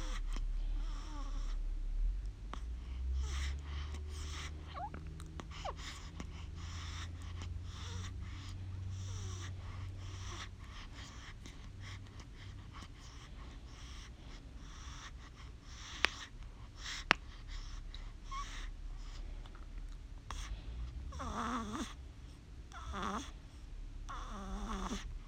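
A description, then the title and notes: Heavy baby breathing with wet suckling sounds, a low rumble through the first half, two sharp clicks near sixteen seconds, and squeaks near the end. Heavy baby breathing, suckling, and little baby squeaks!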